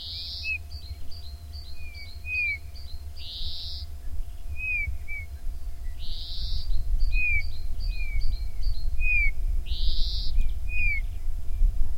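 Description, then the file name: Eurasian bullfinch uttering soft, falling whistled notes repeated irregularly, mixed with another bird's buzzy phrases and rapid ticking series, above constant low-frequency rumble. "Pyrrhula pyrrhula"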